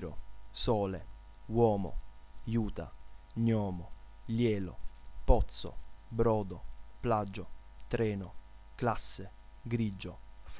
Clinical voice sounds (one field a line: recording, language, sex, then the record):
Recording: read list of words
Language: Italian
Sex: male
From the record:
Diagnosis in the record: healthy control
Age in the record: 20 years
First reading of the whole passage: 40 s, 12.9 characters per second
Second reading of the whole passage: 40 s, 12.9 characters per second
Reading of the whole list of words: 47 s, 6.0 characters per second